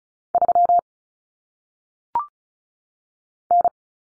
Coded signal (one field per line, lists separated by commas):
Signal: Morse code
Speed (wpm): 36 wpm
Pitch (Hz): 700 Hz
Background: none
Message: 3 N